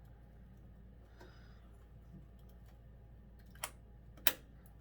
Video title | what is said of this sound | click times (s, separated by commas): How to install new RAM, also learned from my mistakes | clicks in place and once you click it in place | 4.3 s